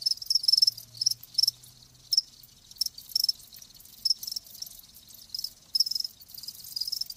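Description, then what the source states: Cricket chirps in distinct high bursts at uneven intervals, short quiet pauses between clusters, a faint low hum early on. Live crickets chirping.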